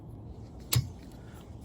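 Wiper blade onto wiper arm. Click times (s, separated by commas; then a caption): 0.7 s. A front windshield wiper blade adapter on a 2006 BMW 530xi (E60/E61 chassis) is slid down onto the wiper arm with its tab in the hole. A sharp, bright click at 0.7 seconds stands out over a low background hum. The blade latches and is seated on the arm.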